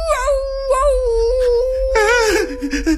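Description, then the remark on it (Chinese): A long, loud wolf howl holds a wavering tone that slowly slides downward, rich and harmonic, then turns rougher and more broken toward the end, with no talking over it. “什么声音？ 好像是狼。”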